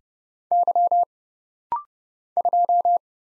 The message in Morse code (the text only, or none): Y 2